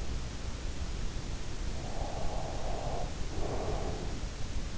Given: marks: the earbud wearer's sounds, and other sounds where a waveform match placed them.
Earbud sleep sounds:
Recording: sounds in sleep by an in-ear microphone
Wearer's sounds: breath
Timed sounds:
1.53-3.94 s: breath

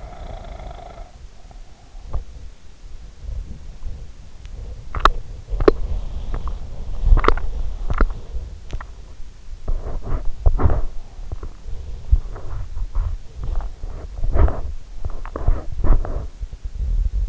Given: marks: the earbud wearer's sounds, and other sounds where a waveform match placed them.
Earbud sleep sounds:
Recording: sounds in sleep by an in-ear microphone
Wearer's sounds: breath, body movement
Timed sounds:
0.10-1.78 s: breath
5.14-17.29 s: body movement

